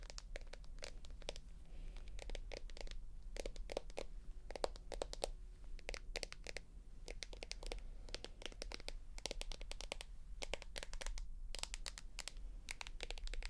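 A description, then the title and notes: Quick, sharp taps run through the whole fourteen seconds, irregular and often clustered, with a crisp, slightly crinkly click to each. A low steady hum sits underneath, and a faint thin tone appears briefly around the middle. Tapping.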